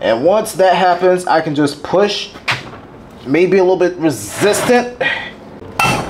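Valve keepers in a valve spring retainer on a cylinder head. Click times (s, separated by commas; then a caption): 5.8 s. Someone talks while pushing down on a valve spring compressor on the cylinder head of a 1994 Toyota Celica GT PT13, working against slight resistance. At 5.8 s a sharp metallic pop rings out as the metal valve keepers break free from the valve spring retainer, and the keepers are released.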